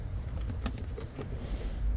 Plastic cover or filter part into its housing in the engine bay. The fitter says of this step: Il doit rentrer bien à l'intérieur et ensuite ici il doit aller se clipser.